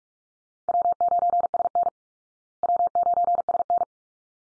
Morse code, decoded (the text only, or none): W9SN W9SN